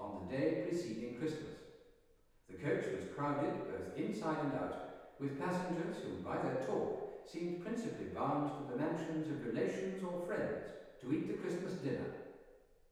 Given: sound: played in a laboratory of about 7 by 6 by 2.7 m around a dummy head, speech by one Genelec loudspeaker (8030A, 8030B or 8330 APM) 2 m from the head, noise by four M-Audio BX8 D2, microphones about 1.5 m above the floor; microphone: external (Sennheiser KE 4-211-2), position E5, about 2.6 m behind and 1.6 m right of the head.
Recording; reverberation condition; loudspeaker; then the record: male speech in English; high; in front (0 degrees)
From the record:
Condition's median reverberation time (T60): about 1300 ms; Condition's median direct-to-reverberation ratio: about -4.0 dB